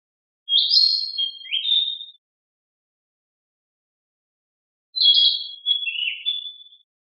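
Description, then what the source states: Narcissus flycatcher singing two short high phrases separated by silence, each a bright whistled burst dropping into lower slurred notes. Recorded 9 May 2009.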